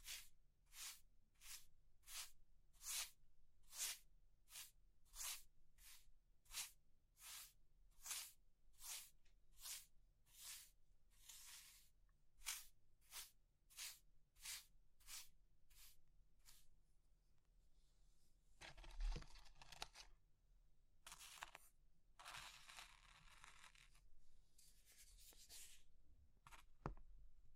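Crushing sounds of brittle material, a steady series of sharp crunches repeating about twice a second for the first seventeen seconds. After that the rhythm breaks into longer scraping, crumbling passages with scattered crisp snaps, and a low hum runs underneath throughout.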